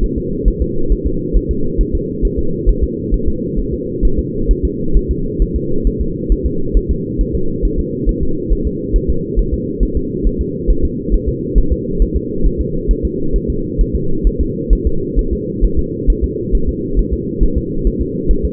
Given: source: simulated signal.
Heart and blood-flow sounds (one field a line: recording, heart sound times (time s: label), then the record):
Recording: fetal heart sounds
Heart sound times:
0.04 s: S1
0.18 s: S2
0.48 s: S1
0.62 s: S2
0.92 s: S1
1.06 s: S2
1.37 s: S1
1.51 s: S2
1.81 s: S1
1.95 s: S2
2.25 s: S1
2.39 s: S2
2.69 s: S1
2.84 s: S2
3.14 s: S1
3.28 s: S2
3.60 s: S1
3.74 s: S2
4.05 s: S1
4.19 s: S2
4.51 s: S1
4.65 s: S2
4.97 s: S1
5.11 s: S2
5.42 s: S1
5.56 s: S2
5.87 s: S1
6.01 s: S2
6.32 s: S1
6.46 s: S2
6.77 s: S1
6.91 s: S2
7.21 s: S1
7.35 s: S2
7.65 s: S1
7.79 s: S2
8.09 s: S1
8.23 s: S2
8.53 s: S1
8.67 s: S2
8.96 s: S1
9.10 s: S2
9.39 s: S1
9.54 s: S2
9.83 s: S1
9.97 s: S2
10.27 s: S1
10.41 s: S2
10.71 s: S1
10.85 s: S2
11.14 s: S1
11.29 s: S2
11.58 s: S1
11.72 s: S2
12.02 s: S1
12.16 s: S2
12.46 s: S1
12.61 s: S2
12.91 s: S1
13.05 s: S2
13.36 s: S1
13.50 s: S2
13.81 s: S1
13.96 s: S2
14.27 s: S1
14.41 s: S2
14.73 s: S1
14.87 s: S2
15.19 s: S1
15.33 s: S2
15.65 s: S1
15.79 s: S2
16.10 s: S1
16.24 s: S2
16.55 s: S1
16.69 s: S2
16.99 s: S1
17.14 s: S2
17.43 s: S1
17.57 s: S2
17.87 s: S1
18.01 s: S2
18.31 s: S1
18.45 s: S2
From the record:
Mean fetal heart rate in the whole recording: 135 bpm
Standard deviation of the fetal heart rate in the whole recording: 3 bpm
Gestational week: 36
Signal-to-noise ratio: -8.1 dB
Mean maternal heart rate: 72 bpm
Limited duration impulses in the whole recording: absent